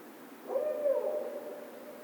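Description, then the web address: Barred owl giving a single drawn-out hoot, starting with a short upward note then holding steady and fading gently, against quiet background hiss. Recorded 16 March 2010. "Barred Owl 2010 03 16 Barred Owl"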